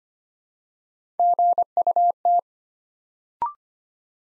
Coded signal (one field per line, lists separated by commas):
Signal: Morse code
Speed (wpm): 25 wpm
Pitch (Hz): 700 Hz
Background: none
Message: GUT